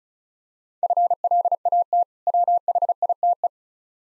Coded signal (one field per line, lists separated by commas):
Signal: Morse code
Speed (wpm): 36 wpm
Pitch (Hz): 700 Hz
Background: none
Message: FLAT WHITE